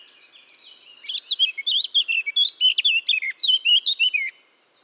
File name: Sylvia atricapilla